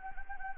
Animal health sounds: mosquito wingbeat signal from an infrared sensor; Anopheles gambiae

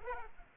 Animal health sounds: mosquito wingbeat signal from an infrared sensor; Culex pipiens

